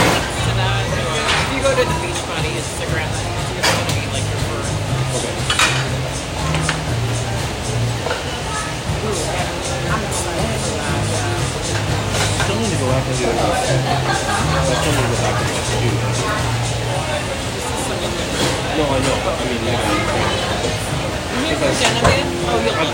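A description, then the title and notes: Sunday breakfast in a busy restaurant: voices talk steadily throughout, layered over a continuous room hum with a low, wavering drone. Sharp clinks of dishes and utensils break through now and then, around 2, 6 and 21 seconds. Sunday breakfast out in Phoenix, Arizona. The sounds of the kitchen preparing meals, dishes and utensils clanging about, and some light conversation from the cooks. Restaurant sounds.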